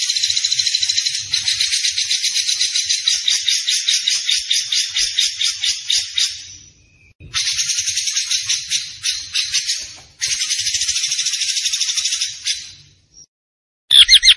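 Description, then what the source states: Zebra finch song: dense, rapid buzzy rattling chatter, high-pitched and sustained in long bursts with short pauses between them. Tembakan bird singing vigorously (gacor); master recording used for training cage birds.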